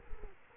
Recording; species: mosquito wingbeat signal from an infrared sensor; Culex quinquefasciatus